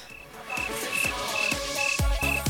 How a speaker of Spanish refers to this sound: Ya decía yo que faltaban mis amigos. Los grillos.